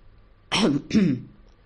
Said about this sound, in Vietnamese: Đột nhiên trong đại sảnh vang lên hai tiếng ho khan.